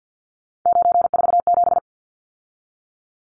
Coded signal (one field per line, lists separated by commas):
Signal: Morse code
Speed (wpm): 50 wpm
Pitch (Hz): 700 Hz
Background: none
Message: 947